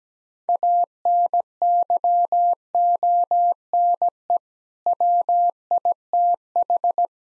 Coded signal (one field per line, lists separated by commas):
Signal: Morse code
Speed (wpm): 17 wpm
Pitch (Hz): 700 Hz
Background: none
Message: ANYONE WITH